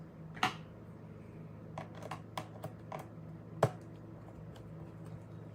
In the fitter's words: make sure it all snaps into place before I reinstall the screws yep there we go